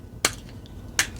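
Two plastic tread pieces on a Transformers Generations Legacy Evolution Miner Megatron action figure (from the Rise of Tyranny 2 Pack with Senator Ratbat) are lined up so their two pegs go into two holes and are pushed together. Two loud, sharp plastic snaps are heard at 0.3 s and 1.0 s, with faint small clicks between them. The treads are seated.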